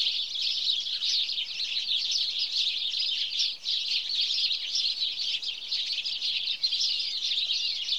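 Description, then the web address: House sparrow chatter, constant overlapping chirps from a group of birds, with a couple of brief lulls. "The BBC Sound Effects Library. Birds. House Sparrow (Passer Domesticus)"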